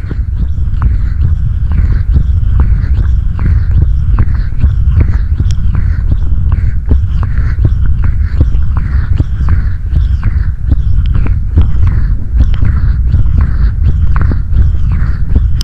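Close mouth sounds: a steady stream of wet clicks, smacks and tongue noises, crowded together and irregular, with short sliding breathy tones between them. A heavy low rumble sits underneath the whole time, and the level stays even throughout.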